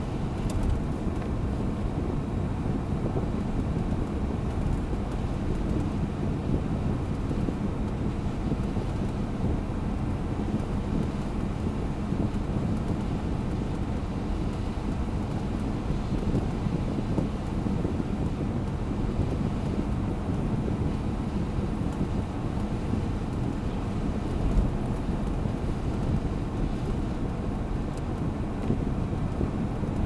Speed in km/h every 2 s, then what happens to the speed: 91, 92, 92, 92, 93, 93, 94, 93, 93, 93, 93, 94, 93, 93, 92.
0-30 steady at about 93.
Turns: none.